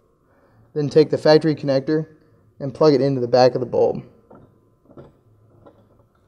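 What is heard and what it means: Someone talks while a factory wiring connector is being plugged onto the back of an LED fog light bulb, a plastic-on-plastic latch, on a Chevrolet Colorado. A few faint handling taps follow near the end, but the connector has not yet clicked or seated.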